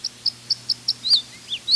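Red Crossbill calling: a rapid run of short, high chip notes about every fifth of a second, then a few louder, slurred upward-and-downward notes.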